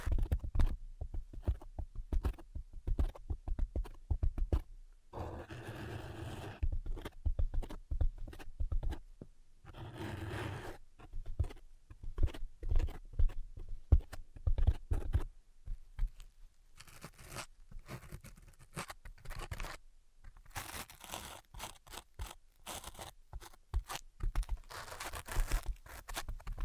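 Dense, irregular tapping and scratching fills the clip, with quick clicks and bursts of rougher, brighter scraping around six, ten and twenty seconds.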